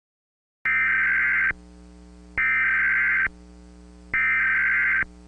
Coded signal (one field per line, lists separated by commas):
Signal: Emergency Alert System (SAME) tones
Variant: header bursts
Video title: Volcanic Winter (An EAS Scenario)